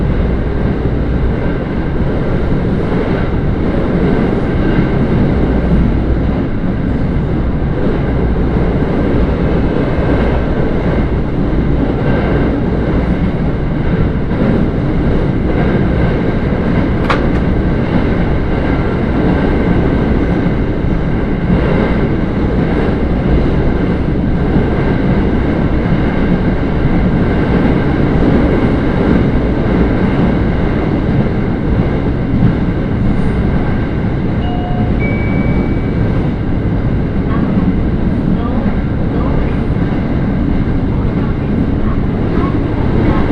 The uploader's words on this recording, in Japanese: 耳で楽しむ鉄道旅 えちごトキめき鉄道 高田→直江津→糸魚川。ディーゼルカー1両で足りてしまいます。